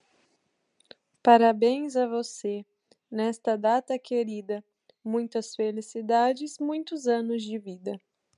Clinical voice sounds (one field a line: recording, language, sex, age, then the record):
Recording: short text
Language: Brazilian Portuguese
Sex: female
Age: 20 to 29 years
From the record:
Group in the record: control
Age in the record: 24 years